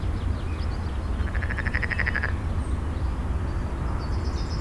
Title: Åkirkebyvej 163, 3700 Rønne, Denmark - Frog and traffic